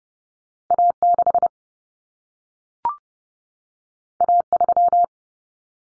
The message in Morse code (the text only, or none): A6 A3